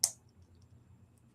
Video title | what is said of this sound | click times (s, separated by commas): Cheap & Easy DIY Christmas Ornament Gift - Budget Holiday Craft (Live) | Y'all probably heard that little snap. | 0.0 s